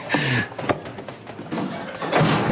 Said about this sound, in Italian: Ma niente, starà sbattendo il tappeto, che è una cosa normale. Succede anche a casa vostra, no? Sì, ma non col maggiordomo dentro.